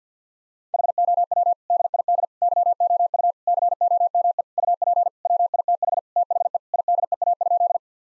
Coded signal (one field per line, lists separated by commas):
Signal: Morse code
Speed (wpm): 50 wpm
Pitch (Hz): 700 Hz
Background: none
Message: HOW DID YOU COME UP WITH THE IDEA?